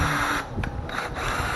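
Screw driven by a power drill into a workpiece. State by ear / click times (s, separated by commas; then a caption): stripped / 0.6 s, 0.9 s. A screw is driven into a workpiece with a power drill/driver until it will not go any deeper and its thread strips out. The drill whirs steadily, dips, and then two sharp clicks come at 0.6 s and 0.9 s as the screw strips and spins in place.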